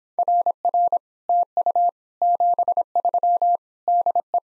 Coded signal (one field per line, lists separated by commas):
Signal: Morse code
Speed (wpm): 26 wpm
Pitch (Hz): 700 Hz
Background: none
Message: RR TU 73 DE